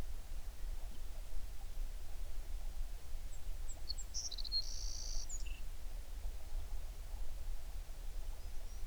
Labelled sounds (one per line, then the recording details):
songbird
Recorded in the Prudhoe Bay oil fields, Alaska, on 11 June 2019 at 04:43
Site 21